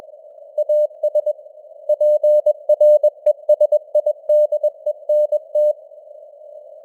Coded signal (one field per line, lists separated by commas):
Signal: Morse code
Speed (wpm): 21 wpm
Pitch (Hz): 600 Hz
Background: none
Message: AS PRESIDENT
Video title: Morse Code News | 2025-11-05 | 21wpm